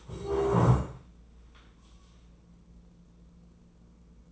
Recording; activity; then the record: daily activity, microphone in the room; stand up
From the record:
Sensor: 1